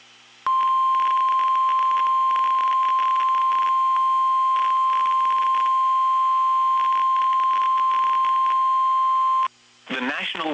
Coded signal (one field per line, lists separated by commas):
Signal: Emergency Alert System (SAME) tones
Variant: 1050 Hz attention tone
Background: speech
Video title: (LAST CAPTURE UNFORTUNATELY FROM LIVESTREAM) 3RD SVR!!! EAS #22